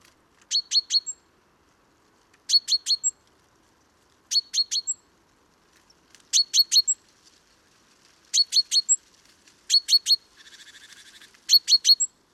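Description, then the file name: Great tit calling in bursts of three or four sharp, high chinking notes repeated about every two seconds, once broken by a short harsh buzzy churr. "Parus major"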